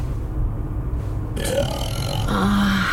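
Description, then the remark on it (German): A man's throaty, gasping breath, like a fish gulping air, with his mouth popping open every few seconds. It grows louder and rougher in the second half, with a low croaking tone near the end. “Kurt atmete wie ein Fisch. Alle paar Sekunden ploppte sein Mund auf.”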